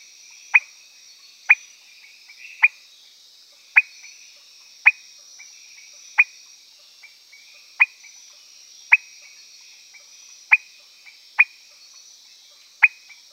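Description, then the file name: Peters' thin-toed frog calling with short sharp notes repeated roughly once a second over a steady high hum. "Leptodactylus petersii"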